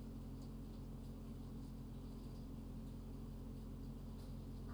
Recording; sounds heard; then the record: poultry house recording; sick chickens (respiratory disease)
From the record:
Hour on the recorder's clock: 3